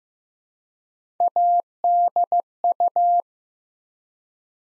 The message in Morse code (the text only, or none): ADU